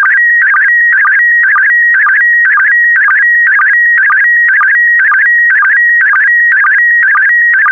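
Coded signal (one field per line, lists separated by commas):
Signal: SSTV (slow-scan television)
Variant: PD120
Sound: warbling electronic tone repeating about twice a second, with steady high stretches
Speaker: get ready starting transmission in 5 4 3 2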